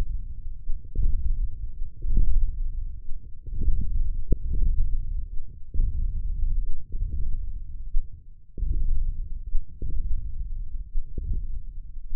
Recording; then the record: forearm muscle sounds (acoustic myography)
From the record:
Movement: wrist flexion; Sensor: system 1, eight BSWA MPA416 microphones around the upper forearm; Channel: 6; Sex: male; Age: 20 years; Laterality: left